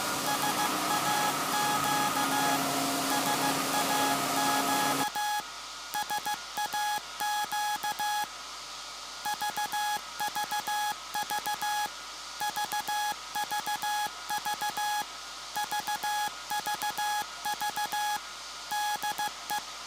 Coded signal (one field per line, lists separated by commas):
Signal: Morse code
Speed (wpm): 15 wpm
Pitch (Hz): 840 Hz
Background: none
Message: SAQ SAQ SAQ VVV VVV VVV DE